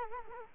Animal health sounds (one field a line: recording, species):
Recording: mosquito wingbeat signal from an infrared sensor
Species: Culex quinquefasciatus